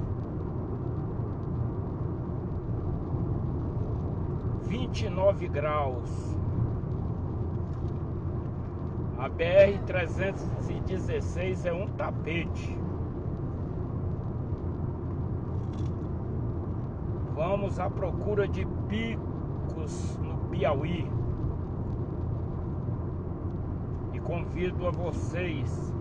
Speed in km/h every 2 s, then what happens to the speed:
99, 97, 96, 94, 94, 94, 95, 95, 95, 94, 94, 96, 98.
0-26 steady at about 95.